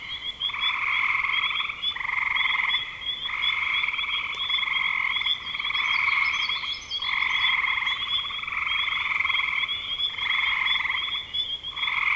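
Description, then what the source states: Frogs trilling together in regular bursts roughly every one to two seconds, rasping and pulsed, with a steady high whine and faint high chirps midway. Recorded in spring 2025.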